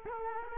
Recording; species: mosquito wingbeat signal from an infrared sensor; Culex quinquefasciatus